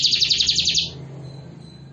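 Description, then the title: Canary song: a fast, rattling high trill of rapidly repeated notes lasting under a second, then stopping, with a low electrical hum underneath. Canary described as singing vigorously and persistently with long rolling trills (gacor, ngotot, roll panjang). "Kicau Kenari GACOR NGOTOT ROLL PANJANG"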